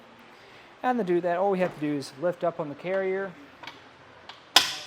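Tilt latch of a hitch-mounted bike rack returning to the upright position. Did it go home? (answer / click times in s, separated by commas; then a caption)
yes / 4.6 s. A RockyMounts GuideRail 2-bike hitch rack on a 2024 Mitsubishi Outlander is lifted from its tilted-away position back upright while someone talks. Its metal tilt latch clicks and locks into place with a sharp click at 4.6 s, after a faint tick at 4.3 s.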